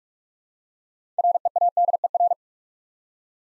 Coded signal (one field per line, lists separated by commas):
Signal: Morse code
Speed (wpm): 46 wpm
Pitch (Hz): 700 Hz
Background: none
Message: READER